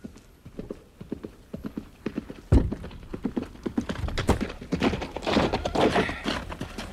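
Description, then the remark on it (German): Steady clip-clop of horse hooves striking hard ground near the city gate of Dresden in a quick, even rhythm, with a sharp thud partway through and the hoofbeats growing louder and busier afterward. “Majestät, hier mein Pferd.”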